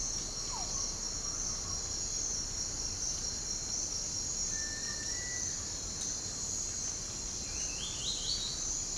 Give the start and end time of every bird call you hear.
[4.49, 5.50] bird call (1.4-2.4 kHz)
[7.51, 8.58] bird call (2.0-5.3 kHz)

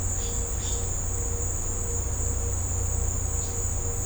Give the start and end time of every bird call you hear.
[0.17, 0.80] bird call (2.5-6.3 kHz)

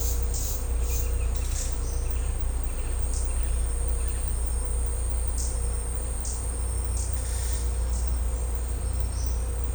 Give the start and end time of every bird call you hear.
[0.76, 1.74] bird call (1.8-3.3 kHz)
[2.00, 2.23] bird call (2.0-3.1 kHz)
[2.62, 2.92] bird call (2.0-3.1 kHz)
[3.24, 3.46] bird call (2.4-3.3 kHz)
[3.95, 4.12] bird call (2.1-3.2 kHz)

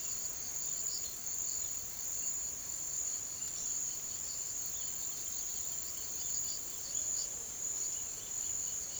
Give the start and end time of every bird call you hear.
[4.78, 7.31] bird call (2.1-6.1 kHz)
[7.88, 9.00] bird call (2.4-6.1 kHz)

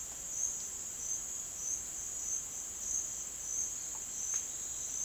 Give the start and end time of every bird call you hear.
[3.76, 5.05] bird call (2.7-5.3 kHz)

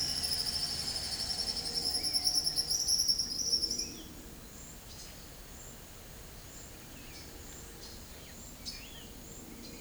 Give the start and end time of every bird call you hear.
[0.00, 3.93] bird call (4.0-6.6 kHz)
[8.68, 9.11] bird call (1.9-4.1 kHz)

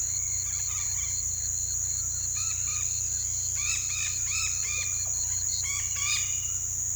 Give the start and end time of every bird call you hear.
[0.42, 1.14] bird call (0.6-5.1 kHz)
[2.24, 2.98] bird call (0.8-5.3 kHz)
[3.51, 5.08] bird call (0.4-5.9 kHz)
[5.53, 6.26] bird call (0.7-5.7 kHz)

